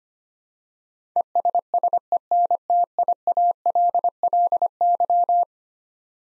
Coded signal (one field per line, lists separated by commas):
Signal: Morse code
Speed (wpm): 25 wpm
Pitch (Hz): 700 Hz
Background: none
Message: ESSENTIALLY